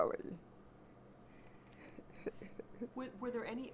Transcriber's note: chuckles